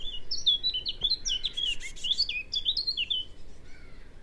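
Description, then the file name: Eurasian blackcap song: a continuous, rapid run of clear fluted and warbled notes, jumping up and down in pitch, over a faint low hum. "Sylvia atricapilla"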